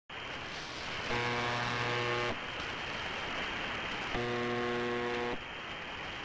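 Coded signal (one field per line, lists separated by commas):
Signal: channel marker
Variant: UVB-76 (The Buzzer)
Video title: More MDZhB-UVB-76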